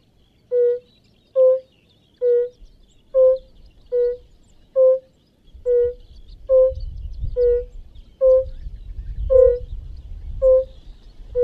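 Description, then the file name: European fire-bellied toad call: a steady series of short, soft hoots spaced just under a second apart; a low rumbling noise joins halfway through. "Rotbauchunke"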